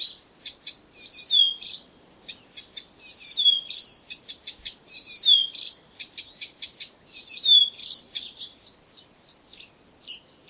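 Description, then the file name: Blyth's reed warbler song: high, varied phrases of clicks, whistles and down-slurred notes, repeated in bursts roughly every two seconds, with short pauses between. "buschrohrsaenger"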